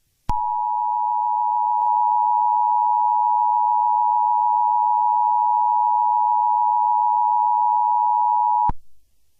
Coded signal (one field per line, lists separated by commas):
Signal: Emergency Alert System (SAME) tones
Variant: 853 and 960 Hz attention tone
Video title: EAS Scenarios #42-43 Thanksgiving Special